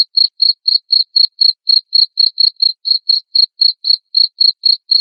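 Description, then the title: Cricket chirps: short, high, clean pulses repeated about four times a second in an even, unbroken series. Loud cricket chirping used to prompt lovebirds into continuous ngekek chattering song. "Suara JANGKRIK NGERIK Keras Bikin LOVEBIRD Jadi NGEKEK Terus Vubey"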